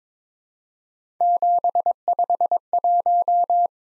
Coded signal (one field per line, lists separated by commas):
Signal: Morse code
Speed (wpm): 22 wpm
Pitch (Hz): 700 Hz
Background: none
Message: 751